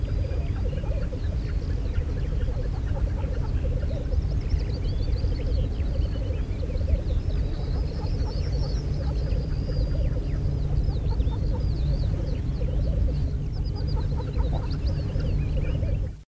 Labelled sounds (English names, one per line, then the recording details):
Black Grouse call
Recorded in the wild
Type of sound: call
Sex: diverse
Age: adult
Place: Schneerener Moor (Neustadt am Rübenberge), Niedersachsen, DE
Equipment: Halbspur, 9,5 cm/s
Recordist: Lütgens, Hans
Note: Rufe